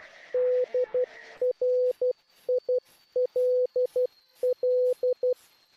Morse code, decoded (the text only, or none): DRILL